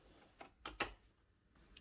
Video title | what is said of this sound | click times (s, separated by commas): The TERMINADOR Stock Kits (Avenge-X,Gauntlet 2,M-Rod,Avenger) Review PCP Rifle Tactical Stock Kits | Wow, that thing fit on there like snapped right in. | 0.7 s, 0.8 s